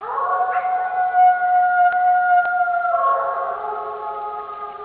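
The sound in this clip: Wolf howl, a long steady tone with layered harmonics that holds level, then drops slightly lower in pitch and fades toward the end.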